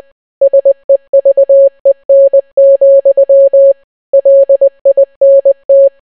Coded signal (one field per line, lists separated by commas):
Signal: Morse code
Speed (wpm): 20 wpm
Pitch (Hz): 550 Hz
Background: none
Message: SEVEN, LINT